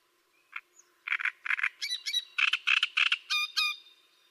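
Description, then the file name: Great reed warbler song: harsh, croaking chattering notes in quick uneven bursts, forming a loud grating phrase of about three seconds. "Cannareccione"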